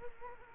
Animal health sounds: mosquito wingbeat signal from an infrared sensor; Culex quinquefasciatus

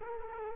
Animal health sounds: mosquito wingbeat signal from an infrared sensor; Culex quinquefasciatus

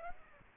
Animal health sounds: mosquito wingbeat signal from an infrared sensor; Aedes aegypti

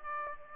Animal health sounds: mosquito wingbeat signal from an infrared sensor; Aedes aegypti

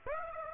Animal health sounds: mosquito wingbeat signal from an infrared sensor; Aedes aegypti

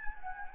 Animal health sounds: mosquito wingbeat signal from an infrared sensor; Anopheles gambiae

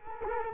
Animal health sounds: mosquito wingbeat signal from an infrared sensor; Culex quinquefasciatus

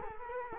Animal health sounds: mosquito wingbeat signal from an infrared sensor; Culex quinquefasciatus

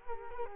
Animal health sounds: mosquito wingbeat signal from an infrared sensor; Culex quinquefasciatus

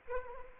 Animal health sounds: mosquito wingbeat signal from an infrared sensor; Anopheles arabiensis

